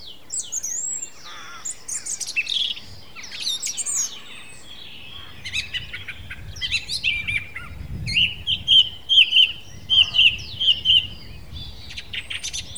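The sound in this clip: Song thrush song: scattered varied notes and chirps, then one clear whistled phrase repeated several times in quick succession.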